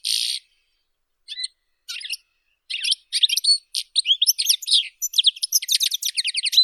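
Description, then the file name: European goldfinch song starting with a few separate buzzy notes, then building into a lively stream of twitters and trills. "Golosa ptic - CSHegol Carduelis carduelis"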